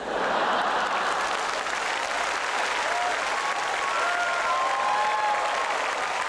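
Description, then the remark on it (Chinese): Steady applause from an audience fills the whole stretch, a dense wash of many hands clapping at even loudness, with a few faint tonal whistles or calls rising over it midway. “唔係你知嘅，自己啱啱拍手要話鼓起幾大勇氣嘅，真係係嘛？”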